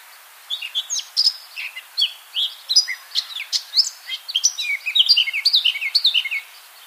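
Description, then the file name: Eurasian blackcap giving a long, lively warbled song of varied rapid notes, swelling into loud, clear fluted phrases through the second half. "Sylvia atricapilla"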